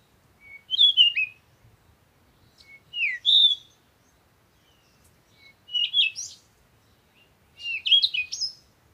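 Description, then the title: Birds singing, four bright whistled chirping phrases spaced a couple of seconds apart, with faint low background noise. Morning birds recorded in nature while on vacation, used for a meditation. "Morning Birds Meditation - Spiritually Fit with Amelia Andaleon"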